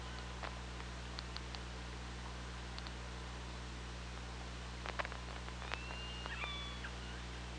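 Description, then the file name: Killer whale calls: clicks, then a whistle-like squeal with harmonics near the end, over constant low hum and hiss. Recorded by OrcaLab hydrophone, 24 August 2017, 15:55:35. "Orca Lab UTLN JASON 20170824 155535 ORCALABDYNI"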